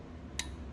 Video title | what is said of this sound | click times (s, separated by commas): Torquing Bolts On Head1 - I dropped my GoPro7 in the engine compartment | it clicks okay let's | 0.4 s